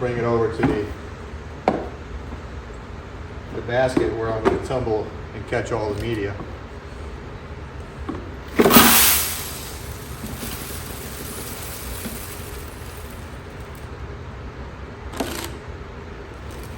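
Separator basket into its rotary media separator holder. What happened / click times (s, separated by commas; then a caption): Handled, not yet seated: the basket has not locked in place / none. Someone talks while carrying rifle brass over to a media separator and handling its tumbling basket toward the rotary media separator holder. A sharp knock comes at 1.7 s, a loud broadband rattling scrape around 8.6–9.5 s, and a softer tap at 15.2 s. The clip ends before the basket goes home, and nothing has seated or locked in place yet.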